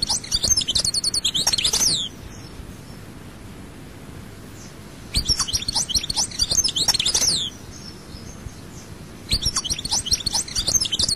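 European goldfinch song in three fast bursts of liquid high twitters and buzzy trills, each about two seconds, with quiet gaps between.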